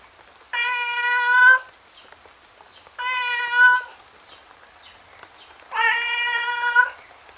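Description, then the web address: Cat giving a series of long, plaintive meows, each about a second, repeated roughly every two to three seconds over soft background hiss. Male tom cat, outdoors in the rain, sounding miserable. "miserable tom cat outside in the rain"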